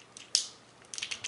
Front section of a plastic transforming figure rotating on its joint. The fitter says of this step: l'avant on tourne vous entendez le clic